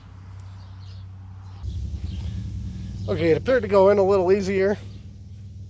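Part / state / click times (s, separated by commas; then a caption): cooling fan shroud assembly into radiator mounting tabs / not seated / none. The plastic cooling fan shroud assembly of a 2011 Dodge Grand Caravan is slid down into position between the radiator and the engine bay, toward the radiator mounting tabs, and it goes in a little easier. A low steady rumble runs throughout with a faint tick at 0.4 s, the low noise grows louder from about 1.6 s, and someone talks from about 3.1 to 4.7 s. The shroud has not yet been pushed down to snap home, so nothing has seated or clicked yet.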